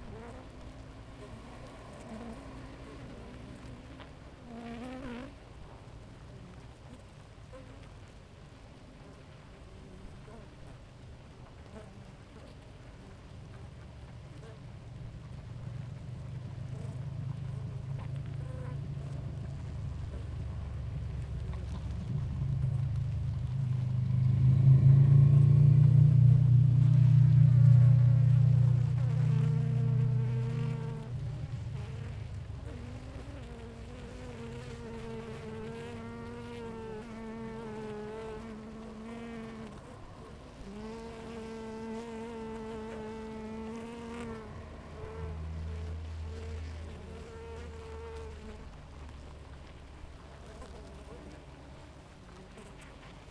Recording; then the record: honeybee colony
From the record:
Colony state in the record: active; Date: 28 July 2017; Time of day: 5:08